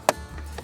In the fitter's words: daily routine, you have the carpeted section here that snap into place